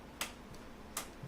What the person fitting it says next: And they click into place.